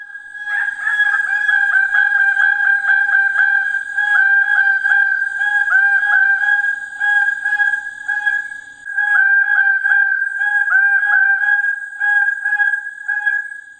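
Greater bird-of-paradise calls: loud, nasal, harsh notes repeated rapidly in a dense continuous chorus, briefly easing just before the ninth second, then resuming.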